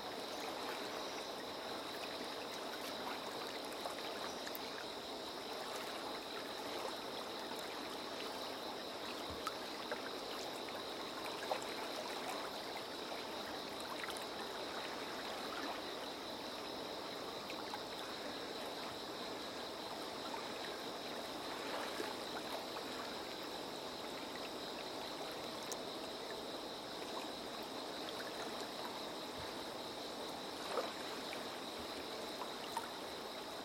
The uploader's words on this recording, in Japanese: 波打つ川の癒やし音。川の音。